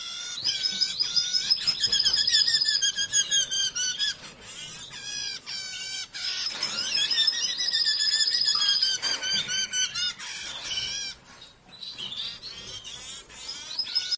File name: canto do diamante sparrow